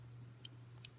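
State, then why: Seated. A small storage (hard drive) card adapter is slid into its slot on a single-board computer's board inside a plastic case and pushed until it clicks. Two sharp, bright clicks sound at 0.5 s and 0.9 s over a steady low hum. The adapter is seated and locked in place.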